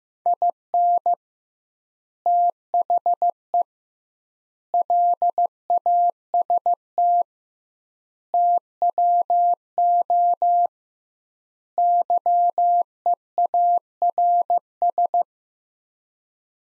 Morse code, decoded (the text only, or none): IN THE LAST TWO YEARS